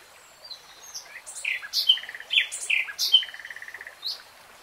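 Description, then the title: Nightingale song: varied whistled and chattering phrases with quick rattled trills in rapid succession. Real-time recording, not slowed. "[Tiếng chim hót] Nightingale Singing"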